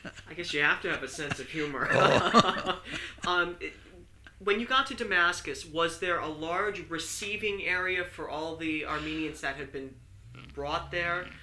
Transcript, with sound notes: guess you have to have a sense of humor. (they laugh) When you got to Damascus, was there a large receiving area for all the Armenians that had been brought there?